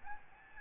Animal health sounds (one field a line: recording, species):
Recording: mosquito wingbeat signal from an infrared sensor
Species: Aedes albopictus